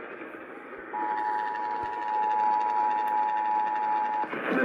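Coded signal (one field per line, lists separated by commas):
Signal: Emergency Alert System (SAME) tones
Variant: 853 and 960 Hz attention tone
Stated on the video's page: Shreveport severe weather EAS alert aired on an AM station.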